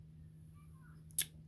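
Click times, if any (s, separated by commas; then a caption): 1.2 s. A fingernail lifts the plastic radio button trim panel on the faceplate of a 2014 VW Passat's OEM car radio until its corner clips release. A sharp pop is heard at 1.2 s, with a faint tick just before it at 1.1 s, over a steady low hum. The radio button trim clip pops out and is released.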